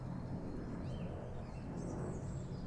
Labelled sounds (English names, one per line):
Song Thrush